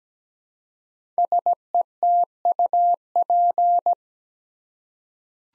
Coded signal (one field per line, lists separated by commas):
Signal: Morse code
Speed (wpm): 17 wpm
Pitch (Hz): 700 Hz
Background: none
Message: SETUP